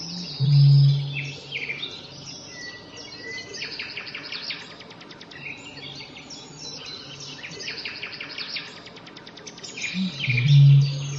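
Eurasian bittern booms once at the start and again near the end, with rapid trilling songbirds filling the gap between the low notes.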